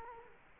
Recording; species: mosquito wingbeat signal from an infrared sensor; Culex quinquefasciatus